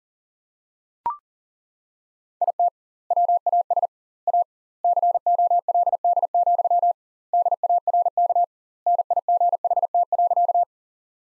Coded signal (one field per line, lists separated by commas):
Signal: Morse code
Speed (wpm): 40 wpm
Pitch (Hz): 700 Hz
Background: none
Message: IT WAS A COLD, DARK NIGHT.